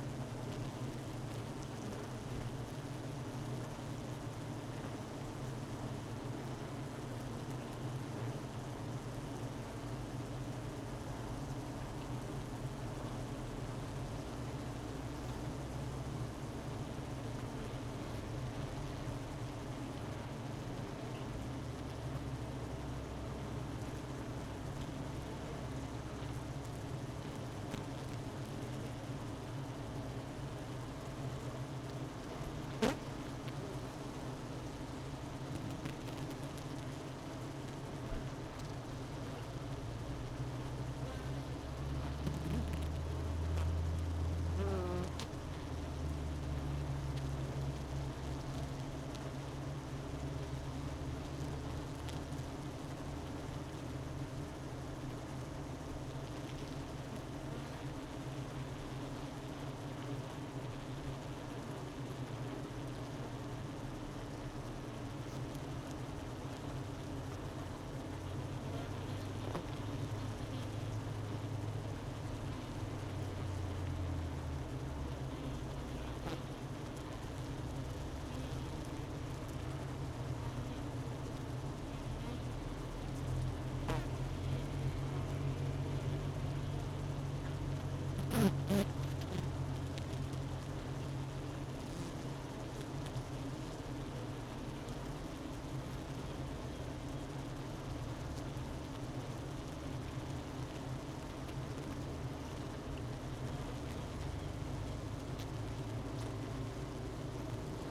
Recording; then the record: honeybee colony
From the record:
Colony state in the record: missing queen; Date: 31 May 2018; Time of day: 12:22